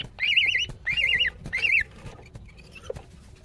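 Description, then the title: Greater green leafbird repeating a wavering, warbled whistle three times in quick succession, each phrase about half a second long, then fading to quiet. Female calling to a male; described as very vocal. "CUCAK IJO BETINA GACOR HIPER MEMANGGIL JANTAN"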